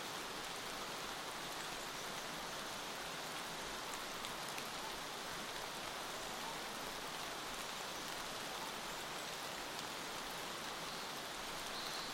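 Steady rain patters densely on leaves and ground, a constant bright hiss of drops with no breaks or louder events throughout.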